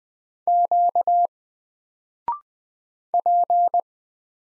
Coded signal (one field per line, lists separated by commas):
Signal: Morse code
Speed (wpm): 20 wpm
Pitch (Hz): 700 Hz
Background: none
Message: Q P